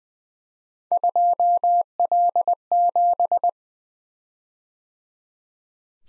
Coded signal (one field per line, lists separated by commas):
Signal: Morse code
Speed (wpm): 20 wpm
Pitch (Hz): 700 Hz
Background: none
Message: 2L7